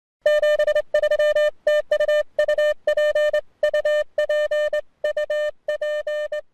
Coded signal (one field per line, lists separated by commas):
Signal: Morse code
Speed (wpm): 23 wpm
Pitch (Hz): 600 Hz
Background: music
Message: 73TUUPUPUP